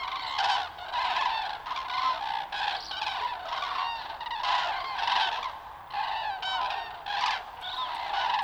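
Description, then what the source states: Common cranes trumpeting loudly in bursts, several birds overlapping with rolling calls and some high thin squeaks, short lulls between the louder bouts. Juvenile and adult cranes, Linum, 20 October 2019.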